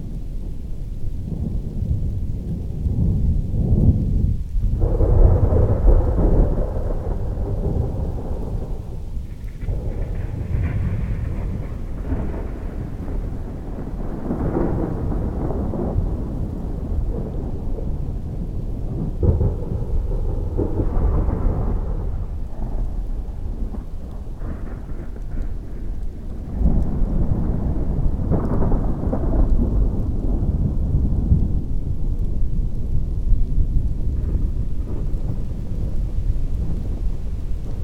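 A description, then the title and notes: Deep thunder rumbles in long rolling waves, swelling around 5, 15, 21 and 27 seconds, over a faint, steady patter of light rain. Thunder Rumble, Very Light Rain. MyNoise Distant Thunder.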